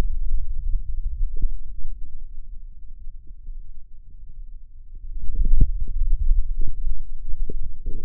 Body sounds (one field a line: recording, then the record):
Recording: forearm muscle sounds (acoustic myography)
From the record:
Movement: hand closing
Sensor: system 2, bracelet of six BSWA MPA416 microphones around the upper forearm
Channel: 6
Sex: male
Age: 22 years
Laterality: right